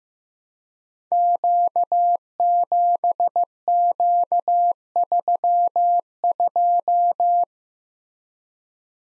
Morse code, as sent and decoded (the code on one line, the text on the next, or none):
--.- --... --.- ...-- ..---
Q7Q32